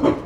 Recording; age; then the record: pig call; growing-finishing pig (85 days or more)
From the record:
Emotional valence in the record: positive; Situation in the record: run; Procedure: transit